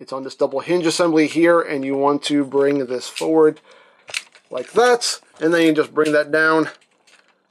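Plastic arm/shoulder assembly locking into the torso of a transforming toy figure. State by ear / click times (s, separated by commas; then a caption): not seated / none. Someone talks while handling a plastic Fans Toys HYDRA (Sixshot) transforming robot figure, bringing its arm forward on the double-hinge shoulder assembly and then down toward the torso. Only faint, small handling ticks come near the end; the arm has not yet locked into place, and nothing has seated or clicked.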